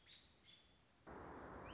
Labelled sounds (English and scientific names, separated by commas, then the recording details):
American Robin (Turdus migratorius)
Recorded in Sonoma County, California